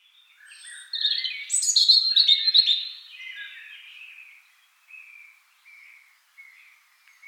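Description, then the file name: European robin singing a varied, high, sparkling warbled phrase with a thin high note, ending in a few soft drawn-out notes. "Erithacus rubecula"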